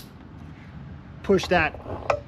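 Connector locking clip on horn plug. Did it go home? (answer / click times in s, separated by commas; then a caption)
yes / 2.1 s. Someone talks while the gray plastic security clip on the horn plug connector of a Mercedes Sprinter van is pushed back to lock the plug in place. A short, sharp click sounds at 2.1 s as the clip snaps in and the connector is locked.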